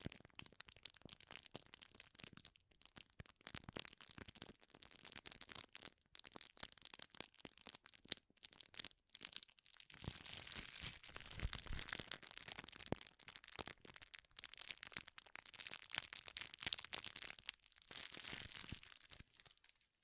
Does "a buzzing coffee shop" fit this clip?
no